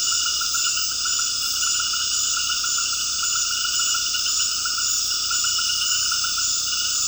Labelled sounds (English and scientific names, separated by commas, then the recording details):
none
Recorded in dense forest near Puerto Asís, Putumayo, Colombia, on 19 February 2024 at 19:30
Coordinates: 0.481, -76.318
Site G6421